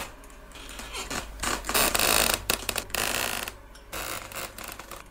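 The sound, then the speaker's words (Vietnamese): A dry, creaking groan of wooden hinges as a wooden window slowly creaks open, drawn out slowly, rising and falling in uneven, rasping pulses over several seconds with brief pauses, no voices present. “bỗng nhiên cánh cửa sổ bên buồng cụ Diêu cũng phát ra âm thanh kẽo kẹt nhẹ nhẹ, tiếng bản nè khô khốc vang lên.”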